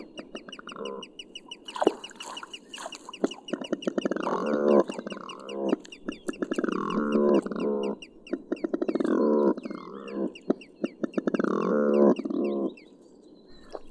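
Smew calls: low, hoarse, grunting bursts repeated in bouts.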